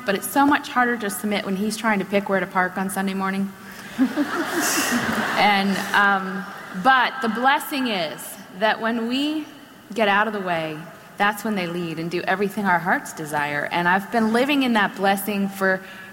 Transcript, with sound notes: But it’s so much harder to submit when he’s trying to pick where to park on Sunday morning. (Laughter) But the blessing is that when we get out of the way, that’s when they lead and do everything our hearts desire, and I’ve been living in that blessing for